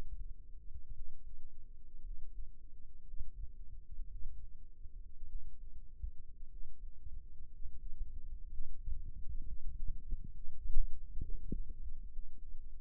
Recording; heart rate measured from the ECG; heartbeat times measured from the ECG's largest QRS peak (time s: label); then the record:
heart sounds by microphone in the right ear; 59 bpm
0.93 s: heartbeat
2.03 s: heartbeat
3.04 s: heartbeat
4.09 s: heartbeat
5.27 s: heartbeat
6.48 s: heartbeat
7.50 s: heartbeat
8.48 s: heartbeat
9.43 s: heartbeat
10.31 s: heartbeat
11.20 s: heartbeat
12.10 s: heartbeat
From the record:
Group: healthy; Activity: rest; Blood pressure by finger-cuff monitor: 95/51 mmHg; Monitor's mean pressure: 70 mmHg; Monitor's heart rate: 58 bpm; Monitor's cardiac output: 6.5 L/min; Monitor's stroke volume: 116 mL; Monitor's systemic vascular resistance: 780 dyn s/cm5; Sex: male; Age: 22 years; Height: 181 cm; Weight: 79 kg